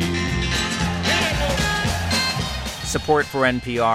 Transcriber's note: soundbite of applause